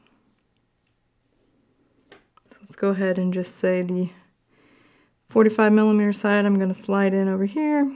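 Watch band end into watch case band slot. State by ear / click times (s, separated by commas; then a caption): not seated / none. A watch band end is handled at the band slot of a 45mm Starlight aluminium Apple Watch Series 8 case, ready to slide sideways into the slot. Faint handling taps come around 2.1 to 2.7 seconds while someone talks. Nothing has clicked or seated yet by the end of the clip.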